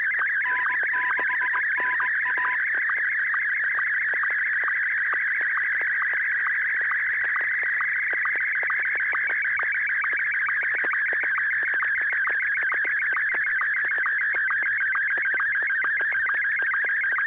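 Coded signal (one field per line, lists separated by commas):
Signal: SSTV (slow-scan television)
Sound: warbling, buzzy tone sweeping up and down, with steady rhythmic ticks throughout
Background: low steady hum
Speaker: Joel ai6 DG to go ahead and send a a picture when you're ready go ahead Joel I that's [Music] all right uh just received the photograph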